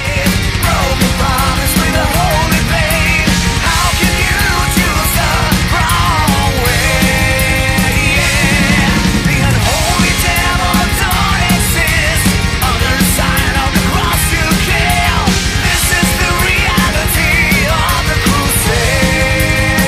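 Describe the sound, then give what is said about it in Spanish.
A heavy metal song plays loud and dense throughout, with distorted guitars, pounding drums and a gritty, snarling sung vocal riding on top of the steady wall of sound. “Que si en este trocico me dicen que está cantando …, me lo creo.”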